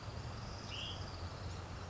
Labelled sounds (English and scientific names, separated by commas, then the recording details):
Hutton's Vireo (Vireo huttoni)
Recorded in Sonoma County, California